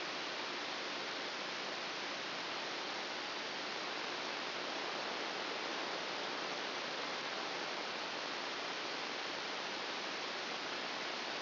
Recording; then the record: brain microelectrode recording played as sound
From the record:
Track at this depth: inside the subthalamic nucleus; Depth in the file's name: 0.806 mm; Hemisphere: right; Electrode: 2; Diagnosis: Parkinson's disease